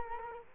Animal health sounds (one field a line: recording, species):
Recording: mosquito wingbeat signal from an infrared sensor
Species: Culex quinquefasciatus